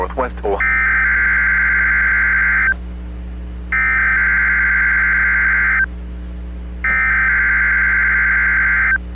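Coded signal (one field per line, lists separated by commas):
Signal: Emergency Alert System (SAME) tones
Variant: header bursts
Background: speech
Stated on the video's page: NOAA Weather Radio required weekly test from Toledo station on 162.500 MHz, transmitter in Holland, Ohio, recorded directly from a Uniden Bearcat BC355N scanner.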